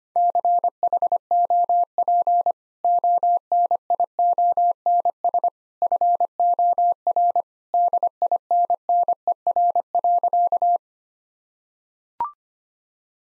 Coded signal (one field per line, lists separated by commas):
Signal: Morse code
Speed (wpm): 25 wpm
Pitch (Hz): 700 Hz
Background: none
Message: CHOP ONIONS FOR DINNER.